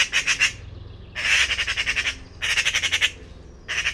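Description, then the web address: Bird calling in harsh, rapidly pulsed bursts, four runs of grating notes separated by short pauses. Call type labelled "Pi Pi Pi Pi" class, bird-only dataset, 2025. "cianscape birddata Deverinetal 2025 File origin Bird Only More Classes Pi Pi Pi Pi"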